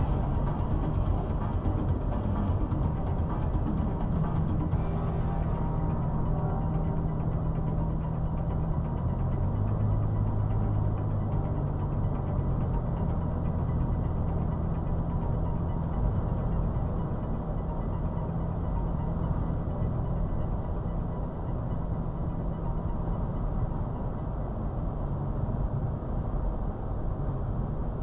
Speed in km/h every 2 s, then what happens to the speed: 95, 93, 92, 90, 90, 92, 93, 93, 93, 93, 93, 93, 95, 93.
0-28 steady at about 93.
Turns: none.